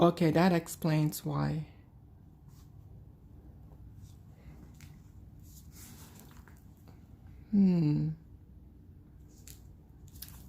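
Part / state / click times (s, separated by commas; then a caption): metal clasp or handle fitting on a leather vanity case / released / 10.2 s. A stiff metal clasp or handle fitting on a Gucci leather vanity case is worked by hand while someone talks, with small handling ticks in the quiet stretch. The stuck clasp finally clicks free at 10.2 s, confirming it has released.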